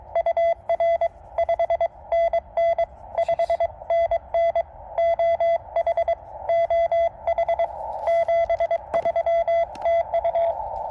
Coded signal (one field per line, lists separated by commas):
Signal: Morse code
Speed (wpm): 22 wpm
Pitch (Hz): 690 Hz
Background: radio noise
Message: UR 5NN 5NN OH OH 73 TU